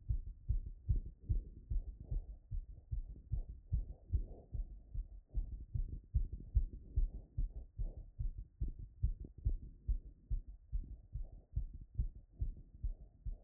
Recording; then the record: heart sounds by stethoscope after running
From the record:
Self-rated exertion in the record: light exertion (2 of 6); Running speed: 6 mph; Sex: female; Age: 33 years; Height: 155 cm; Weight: 48 kg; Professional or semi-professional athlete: no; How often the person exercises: 3 to 5 times a week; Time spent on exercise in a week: under 1 hour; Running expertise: no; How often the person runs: under once a week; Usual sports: hiking, cycling